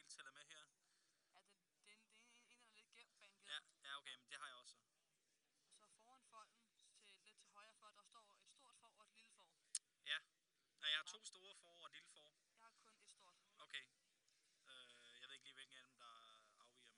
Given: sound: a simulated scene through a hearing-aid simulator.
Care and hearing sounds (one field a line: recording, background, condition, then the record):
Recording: conversation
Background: quiet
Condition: 55 dB SPL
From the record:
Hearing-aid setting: standard clinical setting (NAL)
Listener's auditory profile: A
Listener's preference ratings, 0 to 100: 79, 66, 78